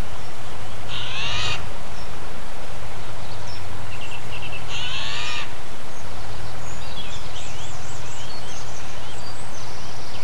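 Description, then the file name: Eurasian jay uttering two harsh, scratchy screeches about four seconds apart, over a constant low tractor rumble, with small birds twittering faintly afterwards. Heard alongside a tractor on 10 April 2007, captured with an MZ-N710 recorder. "MZ-N 710 Geai et tracteur 10 04 07"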